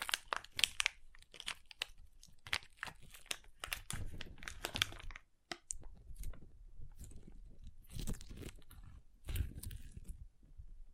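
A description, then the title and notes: Crunchy slime is squeezed and pressed, giving rapid, irregular crackles and crisp snaps through the first five seconds. After a brief pause near six seconds the crunching returns in softer bursts, with deeper squelching presses around eight and nine seconds. ASMR Satisfying Crunchy Slime (No Talking).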